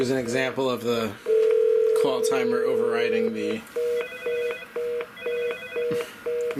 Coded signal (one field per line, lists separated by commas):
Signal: telephone call progress tone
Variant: North America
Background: speech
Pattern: ringback tone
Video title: Norstar Phreaking Part 10 - IP Phones